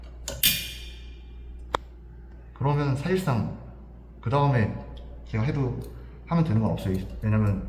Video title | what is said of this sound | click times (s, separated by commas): 와이퍼 자가교체 방법! 너무 쉬워서 5분이면 됩니다! | 제대로 맞물린 거 확인하고 들어 올리면은 딸깍 소리와 함께 그냥 들어가죠. 이렇게. | 0.4 s